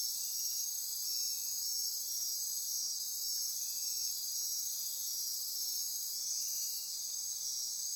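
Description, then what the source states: Insects in a dense, steady chorus of high shrill trilling bands, with short lower notes appearing irregularly. Insect chorus recorded at midnight near Corcovado.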